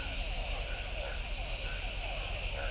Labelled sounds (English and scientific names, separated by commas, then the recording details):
none
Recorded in shrubland near Pivijay, Magdalena, Colombia, on 1 June 2023 at 23:00
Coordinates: 10.453, -74.365
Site P5-G022